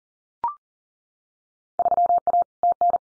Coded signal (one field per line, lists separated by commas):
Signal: Morse code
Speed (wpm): 41 wpm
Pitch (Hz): 700 Hz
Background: none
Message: 3A TN